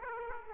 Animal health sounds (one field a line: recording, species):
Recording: mosquito wingbeat signal from an infrared sensor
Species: Aedes aegypti